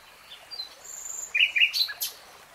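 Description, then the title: Nightingale song: a short burst of varied high chirps and sweeps, with a sharp note near the end, over quiet background. Nightingale singing, recorded in real time. "[Tiếng chim hót] 3 Hours REALTIME Nightingale Singing"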